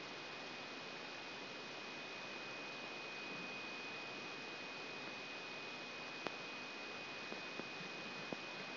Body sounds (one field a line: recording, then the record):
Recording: brain microelectrode recording played as sound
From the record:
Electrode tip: outside the subthalamic nucleus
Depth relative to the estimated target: -4 mm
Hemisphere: left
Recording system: AlphaMap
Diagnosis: Parkinson's disease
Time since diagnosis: 16 years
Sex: male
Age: 60 years